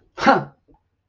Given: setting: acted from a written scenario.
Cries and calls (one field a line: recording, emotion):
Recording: vocal sound without words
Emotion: contempt